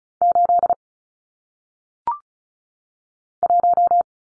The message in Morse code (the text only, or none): 8 1